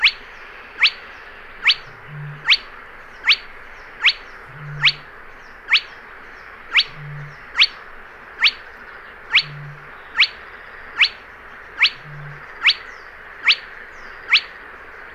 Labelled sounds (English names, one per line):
Spotted Crake